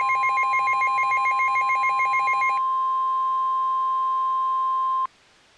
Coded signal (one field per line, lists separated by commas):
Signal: Emergency Alert System (SAME) tones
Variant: 1050 Hz attention tone